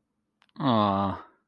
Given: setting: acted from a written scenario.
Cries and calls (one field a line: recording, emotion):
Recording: vocal sound without words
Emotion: sympathy